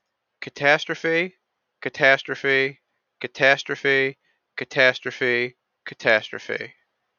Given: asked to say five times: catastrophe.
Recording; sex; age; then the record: repeated word; male; 20 to 29 years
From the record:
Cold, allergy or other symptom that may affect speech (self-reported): no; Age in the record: 28 years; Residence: New York, United States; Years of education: 16